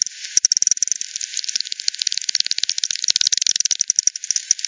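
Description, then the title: Bat echolocation, rendered as dense rapid clicking, a crackling stream of ticks throughout with uneven spacing, as if several bats call together. Multiple bats at Hogsmill River, Hogsmill Lane, 7 October 2020, 18:10 UTC; recorded via frequency division by ten, bandpass filtered, resampled. "WW bat 20201007 T 18 : 10 Z-Hogsmill-Lane-Hogsmill-River-multiple-bats"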